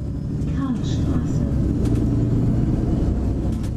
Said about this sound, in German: Wir steigen ins Auto und fahren zurück nach Palermo.